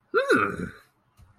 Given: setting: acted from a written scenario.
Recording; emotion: vocal sound without words; desire